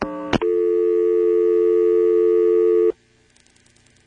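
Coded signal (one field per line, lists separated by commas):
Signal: telephone call progress tone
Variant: North America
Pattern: dial tone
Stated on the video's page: Call progress tone from an NX1-E exchange in Vanceboro, North Carolina, 1977.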